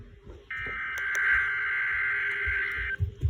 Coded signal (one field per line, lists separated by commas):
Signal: Emergency Alert System (SAME) tones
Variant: header bursts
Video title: Required Weekly Tests (EAS #369-374)